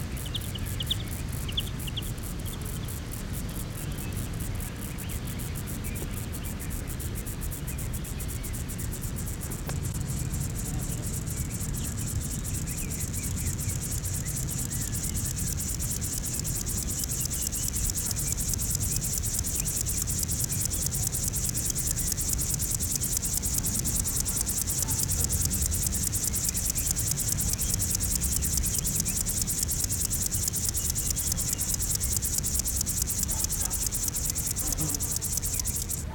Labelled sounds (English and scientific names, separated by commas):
Upland Field Grasshopper (Chorthippus apricarius) stridulation